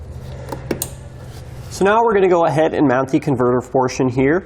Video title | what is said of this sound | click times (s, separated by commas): Mount: T-One Vehicle Wiring Harness with 4-Pole Flat Trailer Connector on a 2020 Hyundai Santa Fe | so it should only go in one way we should hear a pretty audible click once it locks | 0.8 s